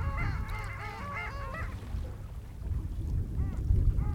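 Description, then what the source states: Long-tailed ducks give a short burst of wavering, yodel-like nasal calls, then fall quiet apart from a few faint calls over heavy low rumbling noise. Flock calling at Barnegat Inlet on the Jersey Shore, New Jersey, 27 February 2022 around 09:57; one of the most distinctive voices of any bird.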